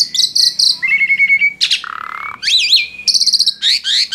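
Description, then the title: Asian pied starling singing a fast, varied medley of rapid chattering trills, drawn-out whistles, a rough buzzy note and wavering slurred whistles with almost no pauses. Masteran recording, a training track played to caged birds so they learn the song. "Masteran Jalak Suren"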